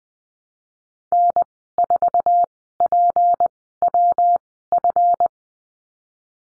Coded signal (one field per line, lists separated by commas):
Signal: Morse code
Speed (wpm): 19 wpm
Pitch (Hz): 700 Hz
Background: none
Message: N4PWF